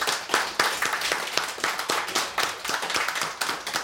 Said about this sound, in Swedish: Ska vi ge en applåd